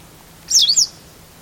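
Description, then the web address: Bird giving a quick burst of high, thin chirps that sweep down and up, over a faint steady hum. "Deverinetal 2025 File origin Bird Only"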